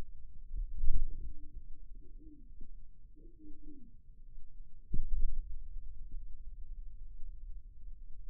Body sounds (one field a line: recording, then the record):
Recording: forearm muscle sounds (acoustic myography)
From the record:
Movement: radial deviation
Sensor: system 2, bracelet of six BSWA MPA416 microphones around the upper forearm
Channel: 6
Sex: male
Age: 22 years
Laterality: right